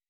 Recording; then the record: hydrophone in a shrimp aquaculture tank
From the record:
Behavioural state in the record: weakened